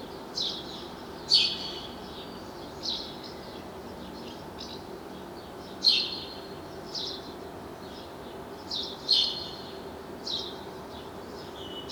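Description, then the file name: House sparrow chirps, short bright notes repeated irregularly every one to two seconds over a steady low background hum. "Passer domesticus"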